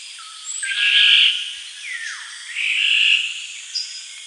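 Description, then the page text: Black-naped oriole uttering two rasping, nasal calls about two seconds apart. A short descending note falls between them, over faint high bird notes. "Black-Naped Oriole Calls. Quick Sounds"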